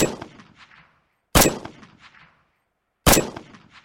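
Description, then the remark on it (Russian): An old man lying on a house roof fires a sniper rifle: three loud, sharp shots crack out at uneven intervals, each followed by a brief ringing, metallic decay, with no voices. “Старик лежит на крыше одного из домов, каждую секунду совершая по несколько выстрелов.”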